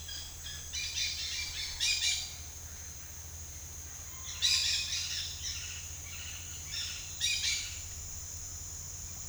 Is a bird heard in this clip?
yes